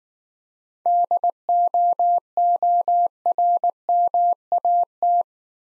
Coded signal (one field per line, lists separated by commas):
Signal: Morse code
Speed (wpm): 19 wpm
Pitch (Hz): 700 Hz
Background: none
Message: DOORMAT